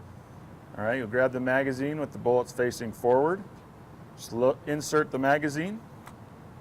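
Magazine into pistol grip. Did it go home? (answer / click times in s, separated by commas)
no / none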